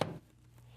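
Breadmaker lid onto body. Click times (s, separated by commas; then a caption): 0.0 s. The hinged lid of a Zojirushi BB-PAC20BA (BB-PAC20) Home Bakery Virtuoso breadmaker is closed onto its body and shuts with a single sharp tap at 0.0 s, fading over about 0.2 s into a faint steady low hum. The lid closes securely; if it were not closed securely, the control panel would show the word "lid."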